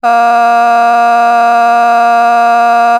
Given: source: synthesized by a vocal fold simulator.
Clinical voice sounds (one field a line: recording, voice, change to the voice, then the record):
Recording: sustained vowel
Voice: female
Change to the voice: a random mix of aspiration noise, stiffness perturbation and strain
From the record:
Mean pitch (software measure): 235 Hz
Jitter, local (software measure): 0.64%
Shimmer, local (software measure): 3.6%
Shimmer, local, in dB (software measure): 0.31 dB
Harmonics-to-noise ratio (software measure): 22.8 dB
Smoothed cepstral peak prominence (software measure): 19.8 dB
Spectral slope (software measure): -17.9 dB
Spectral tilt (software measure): -8.0 dB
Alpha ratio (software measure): -8.4 dB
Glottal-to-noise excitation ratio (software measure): 0.980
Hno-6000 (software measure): 1.9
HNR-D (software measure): 40.8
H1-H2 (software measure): -0.5 dB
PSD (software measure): 3.6e-05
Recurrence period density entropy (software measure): 0.118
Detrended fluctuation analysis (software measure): 0.0104